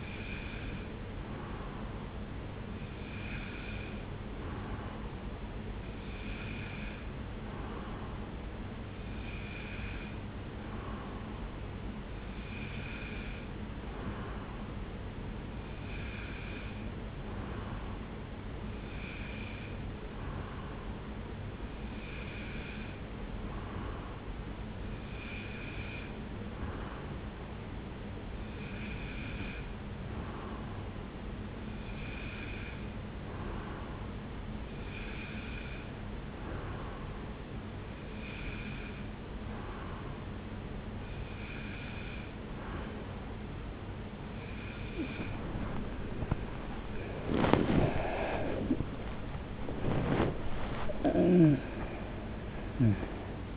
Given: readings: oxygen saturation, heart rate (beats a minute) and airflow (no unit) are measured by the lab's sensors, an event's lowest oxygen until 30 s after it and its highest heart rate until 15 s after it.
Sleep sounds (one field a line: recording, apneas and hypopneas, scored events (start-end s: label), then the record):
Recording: breathing in sleep by a voice recorder at the bedside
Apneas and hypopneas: 1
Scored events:
32.00-48.20 s: hypopnea (N2, oxygen 94% highest, then 94% lowest)
From the record:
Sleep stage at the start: N2 (light sleep)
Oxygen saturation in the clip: 93 to 94%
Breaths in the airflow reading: 16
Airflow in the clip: -3.5 to 7.0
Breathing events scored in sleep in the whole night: 335 in 6.7 hours asleep